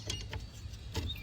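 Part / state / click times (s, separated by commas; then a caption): rear wiper blade onto the rear wiper arm pin / not seated / none. A new Bosch H301 rear wiper blade is handled as its hole is lined up with the pin on the rear wiper arm of a Jeep Wrangler. Brief handling ticks come at about 0.1 s and 0.3 s, with another near 1.0 s, over a steady low hum. Nothing has seated or clicked yet.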